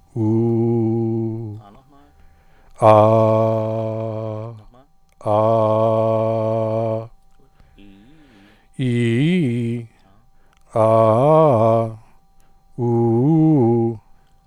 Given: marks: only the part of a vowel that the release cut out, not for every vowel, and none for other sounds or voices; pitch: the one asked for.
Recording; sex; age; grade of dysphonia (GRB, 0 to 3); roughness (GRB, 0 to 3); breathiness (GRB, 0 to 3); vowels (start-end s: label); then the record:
sustained vowels; male; 40 to 49 years; 0; 0; 0
0.24-1.33 s: vowel /u/, low pitch
5.44-6.89 s: vowel /a/, low pitch
8.85-9.70 s: vowel /i/, low-high-low pitch
10.81-11.79 s: vowel /a/, low-high-low pitch
12.84-13.85 s: vowel /u/, low-high-low pitch
From the record:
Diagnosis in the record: healthy voice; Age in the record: 48 years